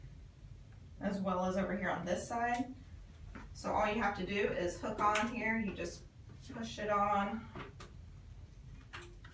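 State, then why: Seated. An infusion pump channel module is hooked onto the side of the pump control unit and pushed on until it latches. Someone talks throughout, and a short click at 9.3 s marks the module seating onto the unit.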